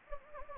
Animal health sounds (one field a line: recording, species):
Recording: mosquito wingbeat signal from an infrared sensor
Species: Anopheles gambiae